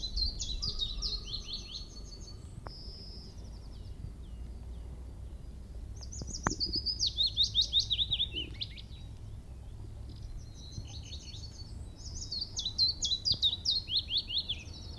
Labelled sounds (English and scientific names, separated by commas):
Willow Warbler (Phylloscopus trochilus)